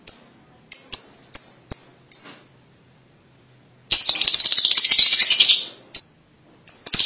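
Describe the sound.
Lovebird calls: several quick shrill chirps, then after a pause a sustained stretch of harsh, rattling chatter and a few more chirps.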